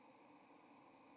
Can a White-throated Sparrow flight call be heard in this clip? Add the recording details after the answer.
no. Another species' flight call is heard. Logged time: 08:07 on 30 October 2014